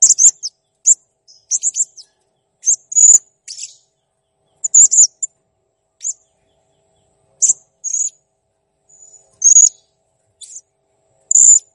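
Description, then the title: Blue-crowned hanging parrot song: very high, sharp squeaky chirps in quick clusters of two to four, separated by short silent gaps, with a few thin drawn-out notes. Training recording used to teach songbirds to sing (masteran), described as a clear, vocally active bird. "Masteran Burung Serindit Ll Masteran Serindit Gacor Jernih"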